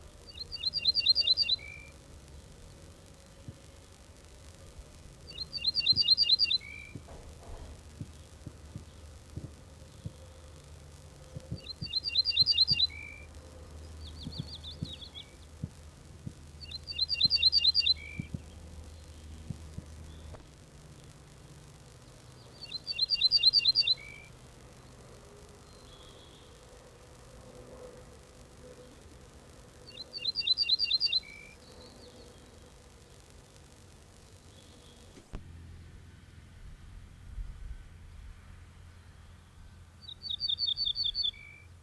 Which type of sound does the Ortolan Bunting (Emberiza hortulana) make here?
song